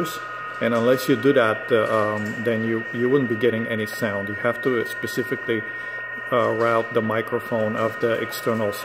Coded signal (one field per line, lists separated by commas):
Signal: PSK31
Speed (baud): 31.25 baud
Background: speech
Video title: Elecraft KX2 and Ham Radio Deluxe PSK31 part 1